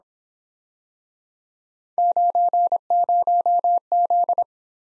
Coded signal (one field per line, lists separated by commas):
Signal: Morse code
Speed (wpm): 26 wpm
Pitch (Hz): 700 Hz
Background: none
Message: 90Z